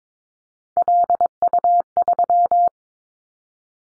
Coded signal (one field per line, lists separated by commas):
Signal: Morse code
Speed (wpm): 22 wpm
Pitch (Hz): 700 Hz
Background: none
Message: LU3